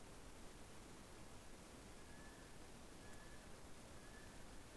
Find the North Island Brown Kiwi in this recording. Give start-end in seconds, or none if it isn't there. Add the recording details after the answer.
0.97-4.76. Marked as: faintness 4/5. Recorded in New Zealand on 12 February 2013. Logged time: 22:59. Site DH65